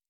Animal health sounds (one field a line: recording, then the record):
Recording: hydrophone in a shrimp aquaculture tank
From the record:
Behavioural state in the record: normal